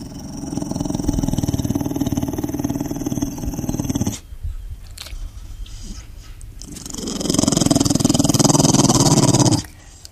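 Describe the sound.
Pit bull growling deeply with rapid pulsing for four seconds, a quieter pause with rustling, then a second rising growl lasting nearly three seconds.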